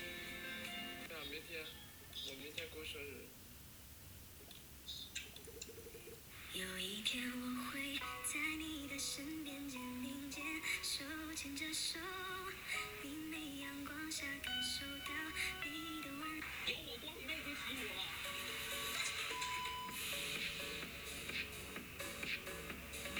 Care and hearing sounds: daily activity, guitar pickup as the sensor; browse video

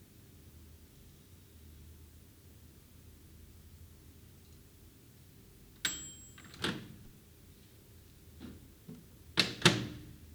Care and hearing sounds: daily activity, guitar pickup as the sensor; use microwave

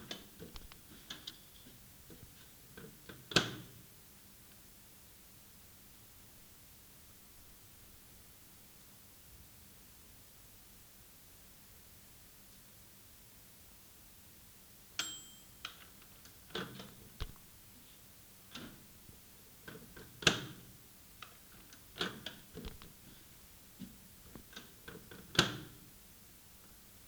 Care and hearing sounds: daily activity, guitar pickup as the sensor; use microwave

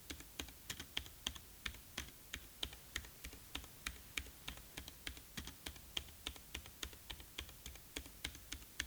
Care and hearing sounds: daily activity, guitar pickup as the sensor; type

